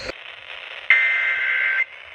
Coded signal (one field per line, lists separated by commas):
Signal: Emergency Alert System (SAME) tones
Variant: header bursts